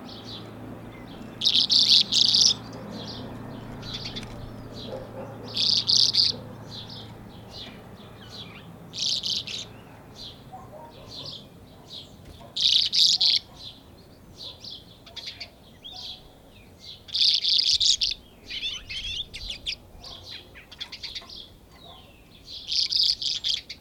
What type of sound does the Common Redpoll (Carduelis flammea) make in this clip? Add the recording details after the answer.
song. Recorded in captivity. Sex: male. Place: Bergen, Insel Rügen, Mecklenburg-Vorpommern, DE. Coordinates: 54.415, 13.426. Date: 1976-04-03. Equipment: Nagra III BH, Sennheiser MD 21. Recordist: Schubert, Michael